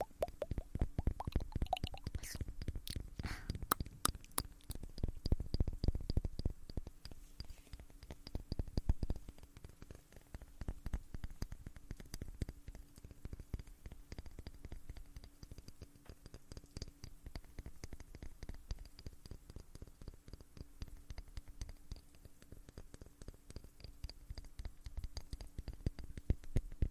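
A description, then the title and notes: Ear eating: a steady stream of wet, clicky mouth sounds and smacks runs through the whole clip, packed tightly together. The busiest, loudest stretch comes in the first seven seconds, then it settles into a quieter, even patter over a faint low hum. ASMR Relaxing Ear Eating Sleep Time.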